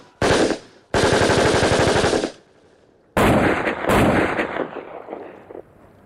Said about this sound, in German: Die Schießerei brach abrupt ab und ich sah, wie der Killer über den Felsen flog.